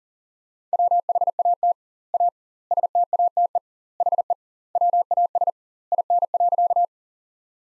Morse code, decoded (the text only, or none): WHAT A STATE HE WAS IN.